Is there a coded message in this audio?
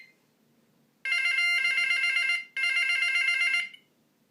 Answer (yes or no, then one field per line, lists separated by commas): no